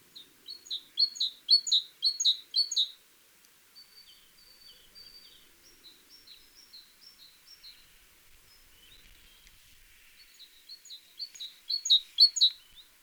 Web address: SETE Parus major